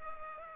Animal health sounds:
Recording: mosquito wingbeat signal from an infrared sensor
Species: Culex pipiens

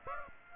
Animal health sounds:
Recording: mosquito wingbeat signal from an infrared sensor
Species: Aedes aegypti

